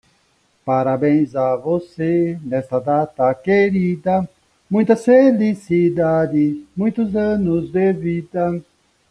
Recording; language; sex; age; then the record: short text; Brazilian Portuguese; female; 20 to 29 years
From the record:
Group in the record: control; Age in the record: 29 years